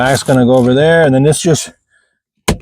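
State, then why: Seated. A plastic seat side trim cover holding the power seat switches is pressed onto the power seat frame of a 2014 Chrysler Town & Country. Someone talks, then after a brief silence the cover snaps home with one sharp click at 2.5 s. The cover clicks into place and is seated.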